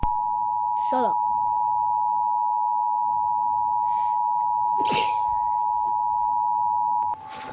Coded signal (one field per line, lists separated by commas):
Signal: Emergency Alert System (SAME) tones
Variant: 853 and 960 Hz attention tone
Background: speech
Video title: All of North America's eas alarms